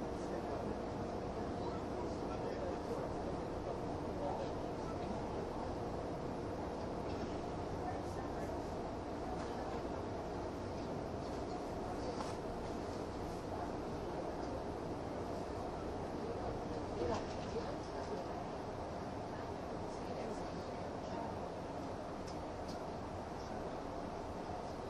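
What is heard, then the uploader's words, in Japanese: Onboard running sound of a limited express train: a steady, dense low rumble with rhythmic rail clatter throughout. Faint voices murmur in the cabin, and a sharper click or joint thump stands out around seventeen seconds. 東武N100系 スペーシア07号 01/01:浅草～鬼怒川温泉。その車両の最長運用となる特急＂スペーシアＸ07号＂の列車走行音。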